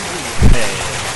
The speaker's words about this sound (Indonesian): Mana tepuk tangannya? Nah, ini dia tepuk tangannya.